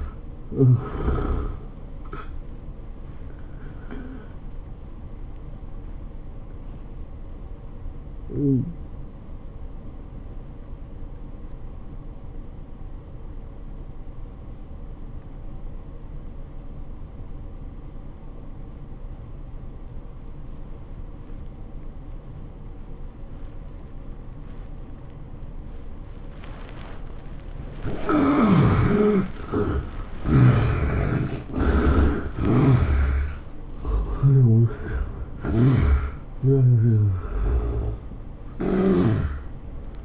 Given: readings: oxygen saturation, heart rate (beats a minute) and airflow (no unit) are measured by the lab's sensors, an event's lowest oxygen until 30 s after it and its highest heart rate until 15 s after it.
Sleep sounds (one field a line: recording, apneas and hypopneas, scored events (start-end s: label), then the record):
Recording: breathing in sleep by a smartphone at the bedside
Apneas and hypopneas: 1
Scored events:
4.00-31.10 s: hypopnea (N1, oxygen 95% highest, then 73% lowest, heart rate 102 at the start, 102 highest)
From the record:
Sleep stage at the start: N1 (lightest sleep)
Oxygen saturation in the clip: 74 to 95%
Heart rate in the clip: 83 to 102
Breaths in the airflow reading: 7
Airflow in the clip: -12.5 to 10.3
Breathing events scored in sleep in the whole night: 403 in 5.5 hours asleep